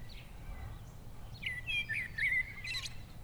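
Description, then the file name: Eurasian blackbird singing a short fluted phrase that slides and warbles, ending in a high scratchy twitter, over a steady low rumble. "Turdus merula"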